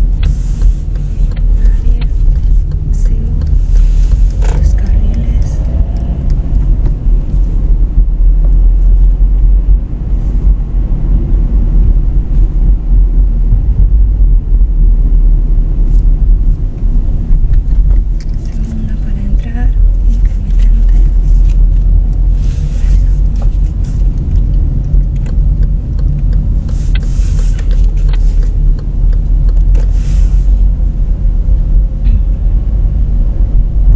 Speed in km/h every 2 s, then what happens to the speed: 19, 25, 32, 34, 37, 36, 33, 26, 22, 19, 21, 19, 20, 20, 20, 25, 28.
0-8 speeds up to 37. 8-17 slows to 19. 17-28 steady at about 20. 28-34 speeds up to 28.